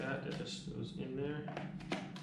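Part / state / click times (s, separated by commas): handle into pressure washer body / not seated / none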